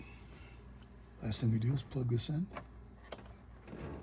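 Someone talks while the wiring harness plug is brought to the mass airflow sensor on the intake tube of a 2011 Subaru Outback with a 2.5 motor, over a steady low background hum. The connector has not clicked or seated onto the sensor yet.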